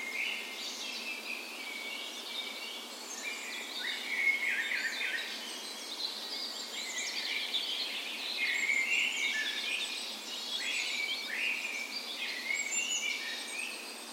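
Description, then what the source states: Bird dawn chorus: many birds sing together in a dawn chorus, a dense web of chirps, trills and thin whistles that carries on steadily throughout. Spring dawn chorus recorded on the morning of 17 May, Norway's National Day, in a park west in Bergen, Norway; Sony PCM A10 recorder with LOM Usi microphones placed as "tree ears".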